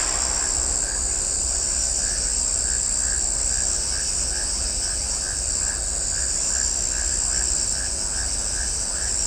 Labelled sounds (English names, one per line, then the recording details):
none
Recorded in shrubland near Pivijay, Magdalena, Colombia, on 2 June 2023 at 20:00
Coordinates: 10.453, -74.365
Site P5-G022